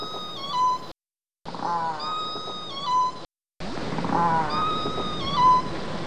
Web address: Nora Learning Orca Calls